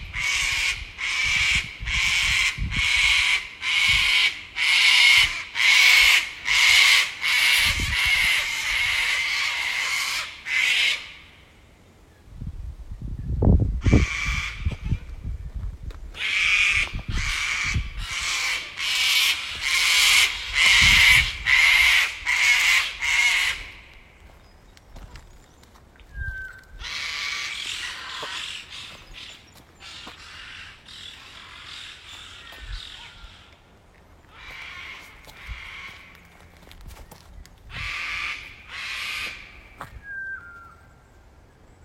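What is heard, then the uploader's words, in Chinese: In a spring forest, loud pulsing bursts of harsh chattering calls come and go, with dull low thumps around the middle and softer chirps later. 骑行在春天的森林里。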